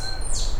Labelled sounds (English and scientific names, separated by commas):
Stitchbird (Notiomystis cincta) song